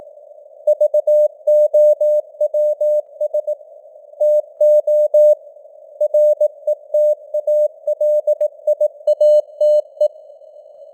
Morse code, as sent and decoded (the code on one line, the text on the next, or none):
...- --- .-- ... / - --- / .-. . - .- .-.. .. .- - .
VOWS TO RETALIATE